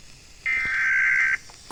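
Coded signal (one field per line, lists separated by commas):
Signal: Emergency Alert System (SAME) tones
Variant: header bursts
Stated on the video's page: Alabama Civil Authority Emergency alert relayed garbled on a broadcast station because the commercial setup's monitors had low signal.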